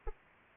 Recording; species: mosquito wingbeat signal from an infrared sensor; Anopheles arabiensis